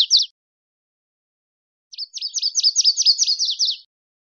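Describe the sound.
Virginia's warbler song, a brisk high-pitched trill of about a dozen repeated notes, preceded by the tail of an earlier phrase, otherwise silent.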